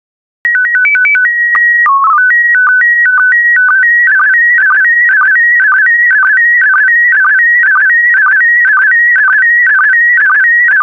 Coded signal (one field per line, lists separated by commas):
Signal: SSTV (slow-scan television)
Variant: PD 120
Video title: 82070 San Francisco SSTV PD120